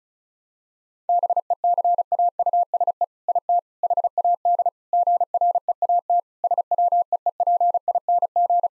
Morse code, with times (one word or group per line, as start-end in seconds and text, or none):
1.1-3.0 BECAUSE
3.3-3.6 IT
3.8-4.7 HAD
4.9-6.2 GREAT
6.4-8.7 SWEEPING